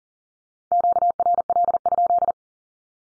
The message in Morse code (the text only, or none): QRL?